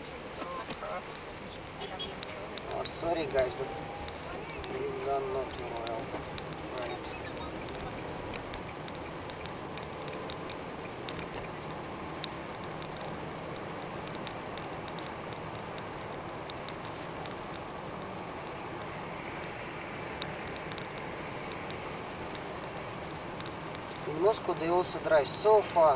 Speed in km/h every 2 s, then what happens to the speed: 19, 29, 32, 39, 43, 44, 46, 46, 44, 43, 44, 44, 45.
0-8 speeds up to 43. 8-26 steady at about 44.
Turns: none.